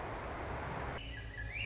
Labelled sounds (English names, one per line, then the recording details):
Swainson's Thrush
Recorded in Sonoma County, California